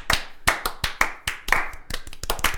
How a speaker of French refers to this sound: Et en grande première ce soir, la nouvelle équipe du collectif, je pense qu'on va leur donner une bonne main d'applaudissements.